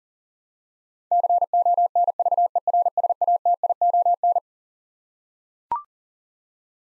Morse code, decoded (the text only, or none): CONVERSATION